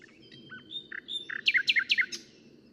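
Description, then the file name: Common nightingale song: scattered short whistles and clicks leading into several loud, repeated down-slurred notes, over a steady low rumble. "Luscinia megarhynchos"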